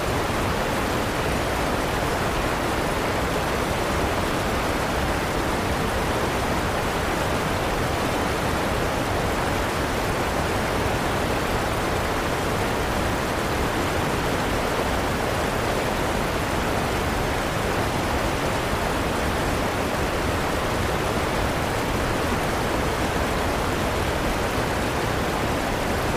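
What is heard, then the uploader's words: Steady rushing river water, a dense, unchanging roar with a strong low rumble and softer hiss above, no distinct splashes or pauses. Relaxing Water Sounds. River White Noise.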